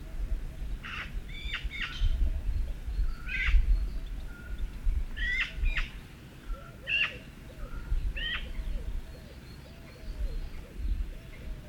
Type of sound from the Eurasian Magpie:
call